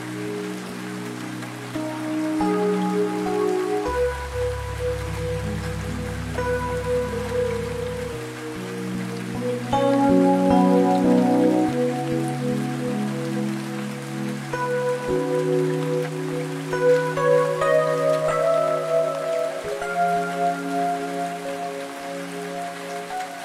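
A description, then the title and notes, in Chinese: Rain falls as a steady, fine hiss with scattered drops throughout. Over it, soft sustained musical chords change every few seconds, with a deep low tone swelling from about four to eight seconds and brighter notes rising near ten and eighteen seconds. 消除疲惫的雨声和放松助眠的钢琴声。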